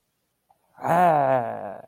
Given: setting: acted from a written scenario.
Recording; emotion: vocal sound without words; pride